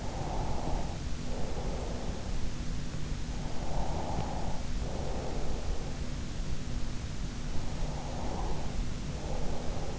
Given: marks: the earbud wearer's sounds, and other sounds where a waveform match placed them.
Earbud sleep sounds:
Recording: sounds in sleep by an in-ear microphone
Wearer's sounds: breath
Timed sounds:
0.00-2.27 s: breath
3.71-5.87 s: breath
8.11-9.99 s: breath

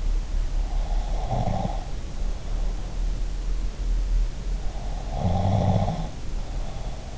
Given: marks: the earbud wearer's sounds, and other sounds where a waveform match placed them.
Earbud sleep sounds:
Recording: sounds in sleep by an in-ear microphone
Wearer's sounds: snoring breath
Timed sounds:
0.66-1.80 s: snoring breath
4.93-7.18 s: snoring breath

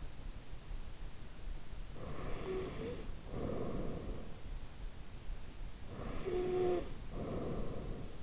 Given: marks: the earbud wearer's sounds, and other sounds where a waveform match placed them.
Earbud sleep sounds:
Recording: sounds in sleep by an in-ear microphone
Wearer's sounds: snoring breath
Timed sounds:
1.88-4.34 s: snoring breath
5.78-8.23 s: snoring breath

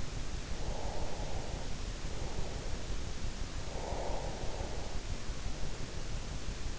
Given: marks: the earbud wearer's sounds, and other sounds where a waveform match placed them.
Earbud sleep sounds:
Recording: sounds in sleep by an in-ear microphone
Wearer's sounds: breath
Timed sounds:
0.69-2.85 s: breath
3.54-5.44 s: breath

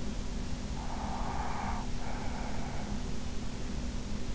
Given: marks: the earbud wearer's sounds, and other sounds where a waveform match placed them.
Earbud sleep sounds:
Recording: sounds in sleep by an in-ear microphone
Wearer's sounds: breath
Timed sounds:
0.75-3.09 s: breath

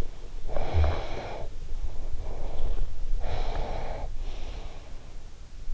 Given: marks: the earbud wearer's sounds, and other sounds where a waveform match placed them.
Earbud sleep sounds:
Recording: sounds in sleep by an in-ear microphone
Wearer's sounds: snoring breath, body movement, breath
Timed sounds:
0.45-3.01 s: snoring breath
1.30-4.92 s: body movement
3.21-5.09 s: breath

